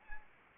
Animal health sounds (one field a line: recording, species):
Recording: mosquito wingbeat signal from an infrared sensor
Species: Anopheles arabiensis